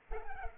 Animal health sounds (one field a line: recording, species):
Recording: mosquito wingbeat signal from an infrared sensor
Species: Culex pipiens